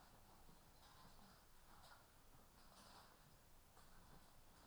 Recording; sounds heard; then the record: poultry house recording; healthy chickens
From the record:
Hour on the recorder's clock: 13